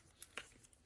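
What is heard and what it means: The hinged metal memory card holder in a Nokia 2780 flip phone is held down over the memory card and slid back until it locks in place. A faint tick at 0.2 s comes before a sharp, bright click at 0.4 s as the holder locks, followed by a very faint tick near 0.7 s. The holder is seated and locked.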